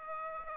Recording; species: mosquito wingbeat signal from an infrared sensor; Aedes aegypti